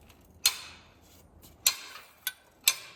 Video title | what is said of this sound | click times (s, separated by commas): MMMV1200 - 1200lbs PWC Lift - Vertical - Assembly Video | Turn it until you hear three clicks. | 0.5 s, 1.7 s, 2.7 s